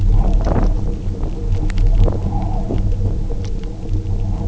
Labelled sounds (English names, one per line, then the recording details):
none
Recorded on Arctic tundra, site UTQI-0, on 27 June 2018
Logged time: 10:00